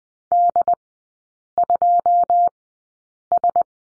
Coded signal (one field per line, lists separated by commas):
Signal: Morse code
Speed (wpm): 20 wpm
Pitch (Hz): 700 Hz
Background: none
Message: D2S